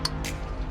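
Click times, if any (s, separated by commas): 0.1 s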